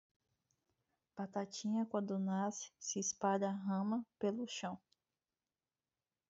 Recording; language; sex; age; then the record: short text; Brazilian Portuguese; female; 20 to 29 years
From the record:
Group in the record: control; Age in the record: 27 years